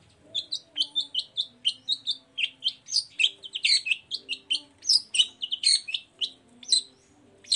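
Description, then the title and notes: Long-tailed shrike song: a long, varied string of quick whistled and scratchy high notes, steady and busy throughout. Cendet in morning song with varied 'toet toet' phrases, used as a lure to provoke other long-tailed shrikes into answering. "Langsung NYAUTTTTT ! Cendet Gacor Dor Di Kala Pagi Toet Toet Variasi Suara. Pancingan Emosi Cendet Gacor Full Variasi Toet Toet Bikin Nyaut Cendet Lain Langsung Ikutan Bunyi. Burung cendet"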